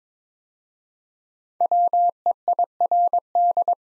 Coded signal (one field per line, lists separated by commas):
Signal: Morse code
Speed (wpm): 22 wpm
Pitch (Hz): 700 Hz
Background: none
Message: WEIRD